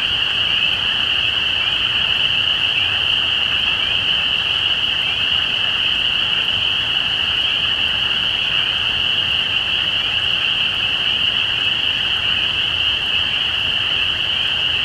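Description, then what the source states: Spring peeper chorus, a constant piercing high ring of many frogs, with short rising peeps audible repeatedly within the wall of sound. Recorded at Easter 2017.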